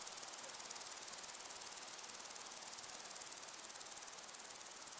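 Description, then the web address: Crickets chirp in a dense, rhythmic high pulse, fast and even throughout, over wind hiss. Crickets and other insects in windy long grass. "beanstalk-audio Crickets and insects in windy long grass"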